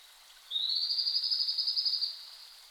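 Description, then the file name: Blue-and-white flycatcher song phrase: one high, fast, even trill lasting about a second and a half over steady background hiss. Recorded 5 May 2008 at 07:51. "ooruri-20080505-0751"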